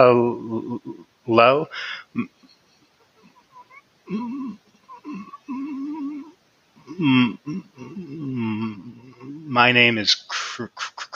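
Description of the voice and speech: An adult man who stutters says "Hello?" and then stalls for several seconds, with strained, tense voiced bursts and silent gaps, before forcing out "My name is" and stretching the final sound. These are long, tense, hard stuttering blocks, re-enacted as he once introduced himself to patients at their bedside.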